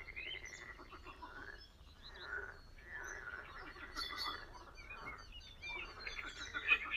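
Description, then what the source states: Frog croaks, rough and pulsed, come in overlapping bursts, with a few high chirps over them. Spring sounds at a very old pond.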